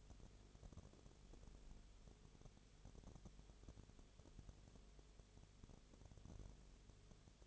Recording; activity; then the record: daily activity, microphone in the room; no activity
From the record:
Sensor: 4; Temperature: 22.0 degrees Celsius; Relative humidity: 29.7%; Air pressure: 1002.1 hPa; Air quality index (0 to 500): 59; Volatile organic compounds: 1 ppm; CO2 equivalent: 608 ppm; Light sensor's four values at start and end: 2/3/1/1 and 2/3/1/1